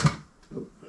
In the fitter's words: And when I press this down, it's going to lock into place.